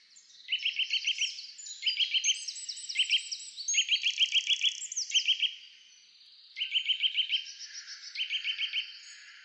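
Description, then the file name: Eurasian nuthatch giving repeated bursts of several quick, ringing whistled notes, with thinner higher notes above them. "Sitta europaea"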